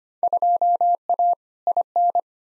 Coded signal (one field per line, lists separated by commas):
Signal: Morse code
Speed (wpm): 25 wpm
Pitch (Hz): 700 Hz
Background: none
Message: 2A IN